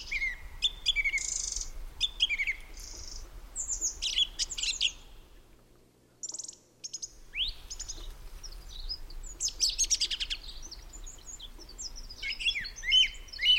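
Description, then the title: Song thrush: continuous birdsong of high varied phrases and rapid notes, with a brief pause midway, over a low background rumble. Song thrush singing, Peak District, during lockdown; described as the longest unbroken song ever heard from a thrush. "Thrush and wren, Peak District"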